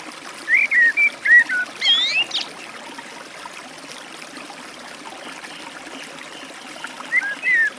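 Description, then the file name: Eurasian blackbird delivering a phrase of warbled whistles ending in a thin high flourish, then quiet, then a short closing phrase, with flowing water in the background. Beside a forest stream. "chyornij drozd u lesnogo ruchya"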